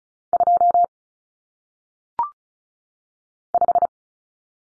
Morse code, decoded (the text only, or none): 2 5